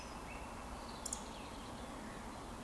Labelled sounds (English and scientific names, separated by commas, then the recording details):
Eurasian Woodcock (Scolopax rusticola)
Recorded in Baden-Württemberg, Germany, on 16 June 2020 at 20:21 UTC
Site 14569, 102 m above sea level